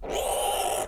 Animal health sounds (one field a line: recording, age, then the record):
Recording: pig call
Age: piglet (1 to 25 days)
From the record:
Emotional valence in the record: negative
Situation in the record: crushing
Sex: female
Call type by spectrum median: low-frequency call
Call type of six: mixed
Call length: 0.87 s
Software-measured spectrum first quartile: 645 Hz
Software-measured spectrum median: 1758 Hz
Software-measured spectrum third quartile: 6975 Hz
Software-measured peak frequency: 793 Hz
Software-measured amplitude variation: 116 dB a second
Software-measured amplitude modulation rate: 28.6 a second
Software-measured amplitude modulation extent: 4.1 dB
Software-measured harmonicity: 4.9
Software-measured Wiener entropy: -3.64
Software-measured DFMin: 1031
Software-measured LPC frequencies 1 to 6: 686, 2997, 3803, 5464, 6858, 8528 Hz